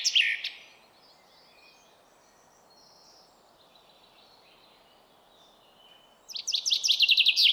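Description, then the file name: Common chaffinch song: a bright burst of high notes opens, then a long quiet gap, then another rapid run of repeated high notes near the end. "Fringilla coelebs"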